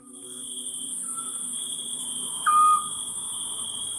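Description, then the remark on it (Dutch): A Eurasian scops owl in Croatia gives a short, soft whistled hoot, preceded by a fainter note, over a steady, high-pitched chirring of crickets. “Maar daar hoorde hij deze dwergooruil.”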